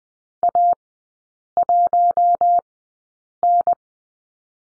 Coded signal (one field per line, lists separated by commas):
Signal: Morse code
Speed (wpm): 20 wpm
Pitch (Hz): 700 Hz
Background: none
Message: A1N